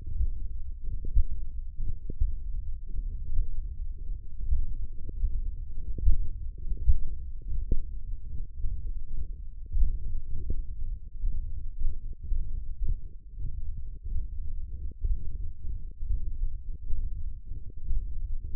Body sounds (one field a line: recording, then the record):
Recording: forearm muscle sounds (acoustic myography)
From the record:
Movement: hook grip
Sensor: system 1, eight BSWA MPA416 microphones around the upper forearm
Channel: 6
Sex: male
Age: 21 years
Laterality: right